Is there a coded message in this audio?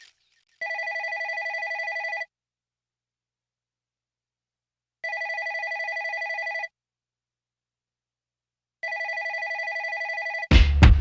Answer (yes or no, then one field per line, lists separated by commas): no